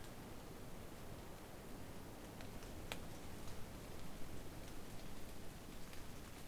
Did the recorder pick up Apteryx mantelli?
no